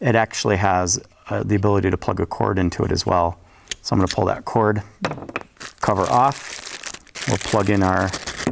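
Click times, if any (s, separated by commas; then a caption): none. Someone talks while handling a plastic wall power supply, pulling off its cord cover and bringing a US-style plug adapter to its top, with crinkling and a few short handling taps. The clip ends before the adapter snaps in, so nothing has seated or clicked yet.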